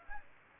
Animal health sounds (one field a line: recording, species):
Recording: mosquito wingbeat signal from an infrared sensor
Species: Aedes aegypti